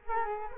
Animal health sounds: mosquito wingbeat signal from an infrared sensor; Culex quinquefasciatus

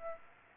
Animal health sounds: mosquito wingbeat signal from an infrared sensor; Aedes aegypti

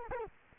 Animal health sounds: mosquito wingbeat signal from an infrared sensor; Culex quinquefasciatus

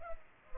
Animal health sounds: mosquito wingbeat signal from an infrared sensor; Culex pipiens

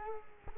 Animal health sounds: mosquito wingbeat signal from an infrared sensor; Culex quinquefasciatus

